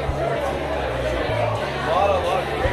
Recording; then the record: background sound without coughing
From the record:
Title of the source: CITY SOUNDS Busy Bar in the Evening Night - 2 HOURS of Ambiance for Relaxation